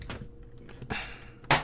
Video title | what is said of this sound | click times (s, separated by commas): Razer Cynosa Chroma - How to Fix One Key Typing Multiple Letters | just lay right on top and then force it down a little bit give it it make sure it clicks a whole bunch | 0.1 s, 1.5 s